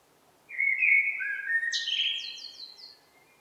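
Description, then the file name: Eurasian blackbird song: one mellow whistled phrase that drops slightly, then breaks into a quick series of high, thin squeaky notes. "Turdus merula"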